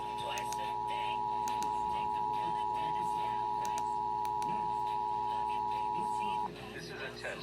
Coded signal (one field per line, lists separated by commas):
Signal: Emergency Alert System (SAME) tones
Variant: 853 and 960 Hz attention tone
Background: speech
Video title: Los Angeles Required Monthly Test EAS (#13-#25) 3/30/21